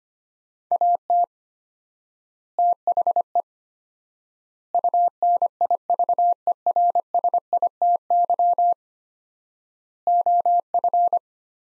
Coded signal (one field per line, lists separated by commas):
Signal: Morse code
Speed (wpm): 25 wpm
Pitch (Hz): 700 Hz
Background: none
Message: AT THE UNIVERSITY OF